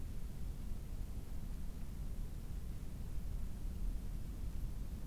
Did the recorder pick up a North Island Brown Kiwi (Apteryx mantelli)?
no